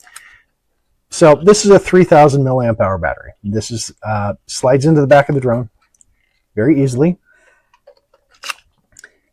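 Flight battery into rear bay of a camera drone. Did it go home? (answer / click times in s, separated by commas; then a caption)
yes / 8.5 s. A 3000 mAh flight battery pack is slid into the rear bay of a plastic Ameta S20 Pro 4K GPS camera drone body while someone talks, with a few light ticks as it goes in. It latches with a sharp click at 8.5 s, seated and locked in place with no problem, followed by a couple of faint ticks.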